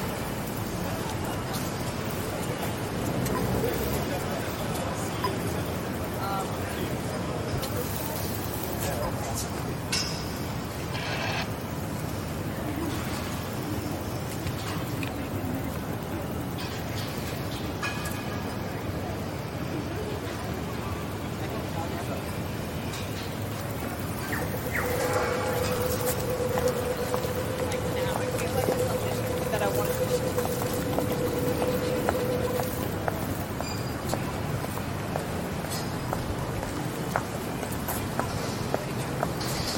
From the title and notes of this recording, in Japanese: George Street を Circular Quay から Townhall まで歩く。ビジネスマンが忙しく行き交うビジネス街を歩きながらいろんな音を楽しみます。ステレオ音声。